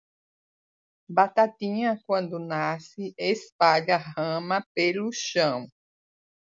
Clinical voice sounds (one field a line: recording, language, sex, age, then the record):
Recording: short text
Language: Brazilian Portuguese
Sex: female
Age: 60 to 69 years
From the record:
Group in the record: control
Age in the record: 60 years